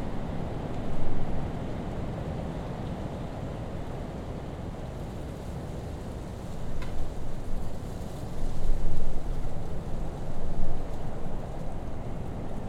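Blustery wind roars steadily, a dense low rumble that buffets the microphone in uneven gusts. The loudest surges come near the first second and again from about eight to eleven seconds, with a brief faint tone flickering around seven seconds.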